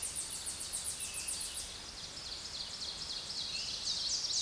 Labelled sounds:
Ovenbird song
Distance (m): 15 m
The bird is about level with the microphone
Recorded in a Pennsylvania forest on 16 May 2024 at 06:07
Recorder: AudioMoth, point MSD-1849
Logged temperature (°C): 12.1 °C
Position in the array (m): 41 m, 23 m

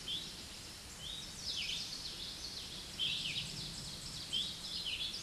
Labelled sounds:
Common Yellowthroat song
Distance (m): 30 m
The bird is about level with the microphone
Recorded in a Pennsylvania forest on 16 May 2024 at 06:24
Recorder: AudioMoth, point MSD-2201
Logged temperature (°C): 15.5 °C
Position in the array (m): 180 m, 83 m

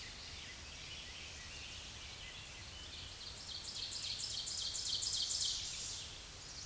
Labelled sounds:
Ovenbird song
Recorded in a Pennsylvania forest on 16 May 2024 at 07:33
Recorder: AudioMoth, point MSD-2376
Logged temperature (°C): 16.7 °C
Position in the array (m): 169 m, -26 m

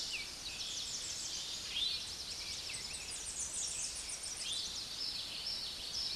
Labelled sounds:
Eastern Towhee song
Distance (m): 25 m
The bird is about 5 m above the microphone
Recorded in a Pennsylvania forest on 16 May 2024 at 06:16
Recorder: AudioMoth, point MSD-2305
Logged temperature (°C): 16.9 °C
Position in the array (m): 50 m, 171 m

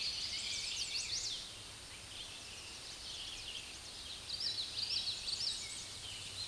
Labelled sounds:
Common Yellowthroat song
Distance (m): 60 m
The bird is about 15 m above the microphone
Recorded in a Pennsylvania forest on 16 May 2024 at 06:43
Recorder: AudioMoth, point MSD-2155
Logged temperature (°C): 15.6 °C
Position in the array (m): 15 m, 154 m

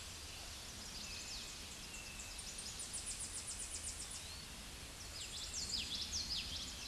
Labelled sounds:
Tennessee Warbler song
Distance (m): 45 m
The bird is about level with the microphone
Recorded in a Pennsylvania forest on 16 May 2024 at 08:27
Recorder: AudioMoth, point MSD-2039
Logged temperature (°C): 15.0 °C
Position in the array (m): 29 m, 101 m

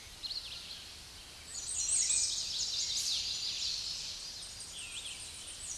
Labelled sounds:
American Redstart song
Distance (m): 10 m
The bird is about 10 m above the microphone
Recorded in a Pennsylvania forest on 16 May 2024 at 06:56
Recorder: AudioMoth, point MSD-2273
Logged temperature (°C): 16.0 °C
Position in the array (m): 49 m, 223 m

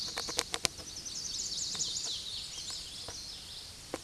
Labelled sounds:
Common Yellowthroat song
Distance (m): 55 m
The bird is about 15 m above the microphone
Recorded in a Pennsylvania forest on 16 May 2024 at 08:19
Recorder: AudioMoth, point MSD-2257
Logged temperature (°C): 16.0 °C
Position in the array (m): 233 m, 190 m

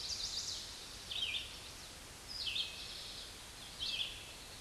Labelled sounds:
Red-eyed Vireo song
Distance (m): 10 m
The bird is about 5 m above the microphone
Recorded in a Pennsylvania forest on 16 May 2024 at 07:49
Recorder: AudioMoth, point MSD-2287
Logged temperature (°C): 11.2 °C
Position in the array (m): 150 m, 27 m

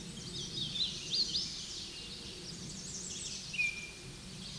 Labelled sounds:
Hooded Warbler song
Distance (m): 55 m
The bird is about level with the microphone
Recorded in a Pennsylvania forest on 16 May 2024 at 07:37
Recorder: AudioMoth, point MSD-1401
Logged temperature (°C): 16.4 °C
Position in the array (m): 26 m, 151 m

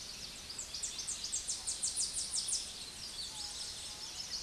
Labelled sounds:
Tennessee Warbler song
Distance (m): 15 m
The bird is about 15 m above the microphone
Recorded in a Pennsylvania forest on 16 May 2024 at 08:35
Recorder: AudioMoth, point MSD-2377
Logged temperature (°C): 16.1 °C
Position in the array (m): 113 m, 188 m

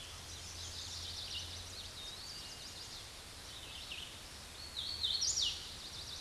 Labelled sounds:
Hooded Warbler song
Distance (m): 20 m
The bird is about level with the microphone
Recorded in a Pennsylvania forest on 16 May 2024 at 08:07
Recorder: AudioMoth, point MSD-2258
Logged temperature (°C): 15.2 °C
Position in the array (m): 177 m, 84 m

